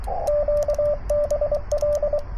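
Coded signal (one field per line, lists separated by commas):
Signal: Morse code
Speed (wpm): 23 wpm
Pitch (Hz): 590 Hz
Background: radio noise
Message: QBL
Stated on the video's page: CW Parks On The Air activation at 100 W using an FT-891, WRC antenna and Begali Expedition key, under great band conditions.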